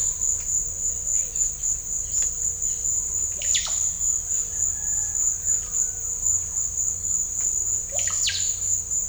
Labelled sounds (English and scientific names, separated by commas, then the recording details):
none
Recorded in secondary vegetation near Puerto Asís, Putumayo, Colombia, on 21 December 2024 at 15:30
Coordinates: 0.498, -76.327
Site GP07